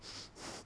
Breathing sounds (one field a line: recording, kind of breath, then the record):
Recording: one breath in and out by a microphone near the nose and mouth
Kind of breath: strong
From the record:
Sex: male